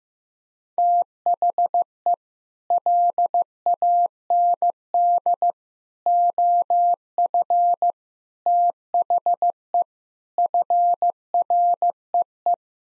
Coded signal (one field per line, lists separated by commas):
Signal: Morse code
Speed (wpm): 16 wpm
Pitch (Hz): 700 Hz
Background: none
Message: THE LAND OF THE FREE